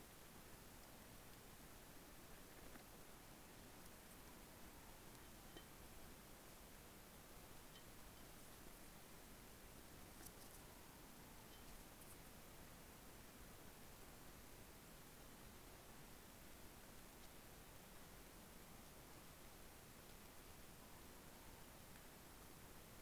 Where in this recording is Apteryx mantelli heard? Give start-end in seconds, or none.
none